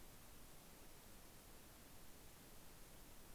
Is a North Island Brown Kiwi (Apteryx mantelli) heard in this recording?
no